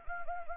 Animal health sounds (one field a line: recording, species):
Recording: mosquito wingbeat signal from an infrared sensor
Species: Anopheles gambiae